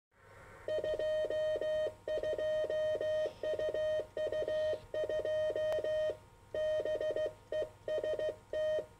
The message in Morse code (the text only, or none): 22UU2 BEST